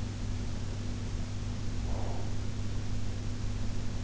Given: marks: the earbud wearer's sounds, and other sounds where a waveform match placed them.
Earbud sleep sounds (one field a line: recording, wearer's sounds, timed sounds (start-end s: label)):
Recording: sounds in sleep by an in-ear microphone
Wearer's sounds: breath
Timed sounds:
1.65-3.36 s: breath